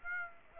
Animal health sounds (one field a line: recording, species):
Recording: mosquito wingbeat signal from an infrared sensor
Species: Aedes aegypti